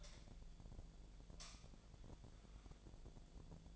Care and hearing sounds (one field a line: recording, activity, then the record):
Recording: daily activity, microphone in the room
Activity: light on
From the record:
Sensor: 5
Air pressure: 1009.9 hPa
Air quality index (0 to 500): 159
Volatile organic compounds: 4 ppm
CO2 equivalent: 1548 ppm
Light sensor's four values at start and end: 139/356/148/157 and 139/359/149/158